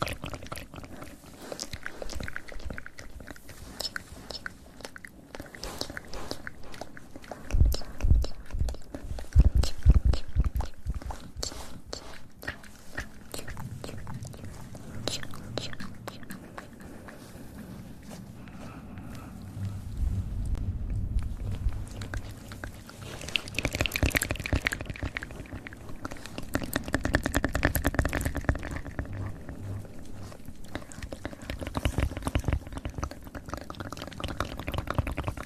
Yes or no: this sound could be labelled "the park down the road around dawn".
no